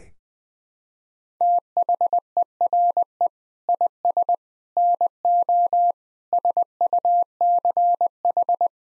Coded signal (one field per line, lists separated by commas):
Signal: Morse code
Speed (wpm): 21 wpm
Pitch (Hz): 700 Hz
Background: none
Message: THERE IS NO SUCH